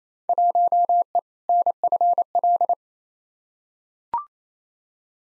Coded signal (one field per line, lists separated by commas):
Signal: Morse code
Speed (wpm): 28 wpm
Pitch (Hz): 700 Hz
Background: none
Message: 1E NFL